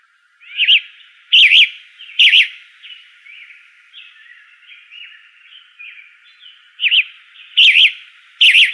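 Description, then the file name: Flame-colored tanager giving rough, up-and-down burry phrases in two clusters, with quieter notes in the gap between them. In Arizona on 16 May 2004. "FCTA 3 deviche"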